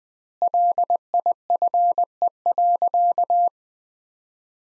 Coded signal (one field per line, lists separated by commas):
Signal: Morse code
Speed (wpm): 20 wpm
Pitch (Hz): 700 Hz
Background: none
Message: LIFE.